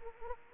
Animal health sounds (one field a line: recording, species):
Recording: mosquito wingbeat signal from an infrared sensor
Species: Aedes aegypti